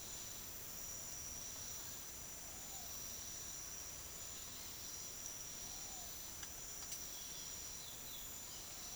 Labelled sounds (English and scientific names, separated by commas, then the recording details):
none
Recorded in secondary vegetation near Puerto Asís, Putumayo, Colombia, on 22 June 2025 at 08:30
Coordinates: 0.500, -76.326
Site GP08